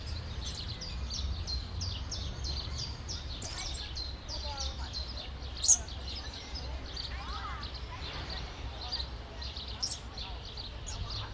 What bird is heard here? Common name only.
Papuan Lorikeet